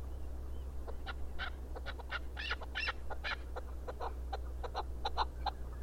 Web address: sound Chukar. صدای-کبک-چوکار